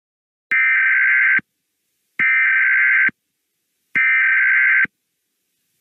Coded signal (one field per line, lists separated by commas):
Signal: Emergency Alert System (SAME) tones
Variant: header bursts